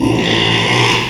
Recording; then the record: squeal of a Yucatan mini pig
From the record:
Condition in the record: after surgery on the right vocal fold (resection and tissue-engineered implant); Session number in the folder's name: 1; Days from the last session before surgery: 6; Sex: male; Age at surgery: 12 weeks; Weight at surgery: 13 kg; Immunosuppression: cyclosporine, prednisolone